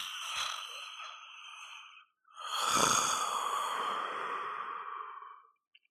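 Two loud, hissing snoring breaths: a two-second breath, a short pause, then a longer three-second breath with a brief low rattling flutter near its start. Noisy sleep breathing of a snoring person.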